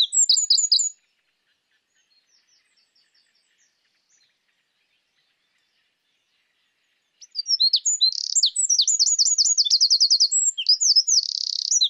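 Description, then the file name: Eurasian wren song: a brief high burst at the start, several seconds of near silence with faint notes, then a long rapid trilling phrase with a buzzy rattle. "Troglodytes troglodytes"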